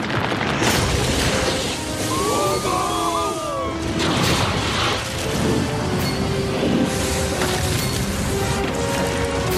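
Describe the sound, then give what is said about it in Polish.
A deep, loud rumbling boom like thunder from underground, rolling on without a break for the whole stretch, with brief whining, creaking tones drifting over it early on. “Założę się, że to zwykła burza. Tylko jakby na dole?”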